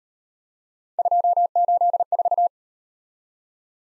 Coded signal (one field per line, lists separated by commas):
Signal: Morse code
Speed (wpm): 37 wpm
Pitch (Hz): 700 Hz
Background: none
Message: 284